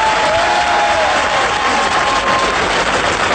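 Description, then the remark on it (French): Loud, sustained audience applause for Richard Boranger on a Johnny Hallyday TV programme of 13 October 1989, a dense steady roar of clapping that fills the whole stretch with no break, and a faint whistle-like tone gliding briefly near the start. “Et dans la vie de recherche de Johnny, je vous demande d'applaudir Richard Boranger.”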